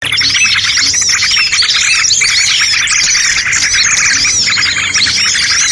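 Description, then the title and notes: Birds calling in a dense, continuous chorus of high chirps, twitters and trills overlapping without pause. Calls used to lure stubborn, hard-to-approach birds. "Suara Burung Bandel Yang Susah Mendekati. Suara Pikat Burung"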